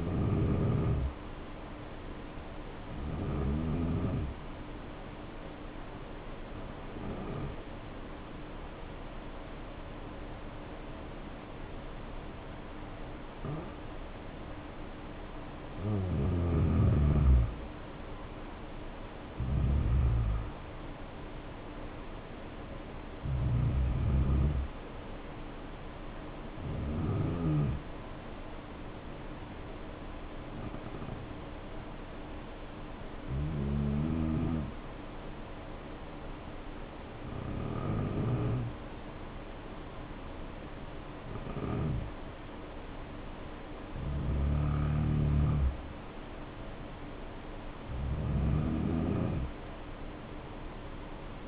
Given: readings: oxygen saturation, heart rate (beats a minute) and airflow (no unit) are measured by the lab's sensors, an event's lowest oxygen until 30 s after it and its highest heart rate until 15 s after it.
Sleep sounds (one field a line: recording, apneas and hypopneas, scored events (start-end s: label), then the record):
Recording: breathing in sleep by a voice recorder at the bedside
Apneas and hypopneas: 2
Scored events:
7.00-17.70 s: hypopnea (N2, oxygen 93% highest, then 85% lowest, heart rate 70 at the start, 74 highest)
35.00-47.50 s: hypopnea (N2, oxygen 94% highest, then 85% lowest, heart rate 66 at the start, 73 highest)
From the record:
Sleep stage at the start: N2 (light sleep)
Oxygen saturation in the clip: 85 to 94%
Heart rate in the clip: 61 to 74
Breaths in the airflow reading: 12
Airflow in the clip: -7.6 to 6.2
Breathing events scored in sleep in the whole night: 520 in 7.2 hours asleep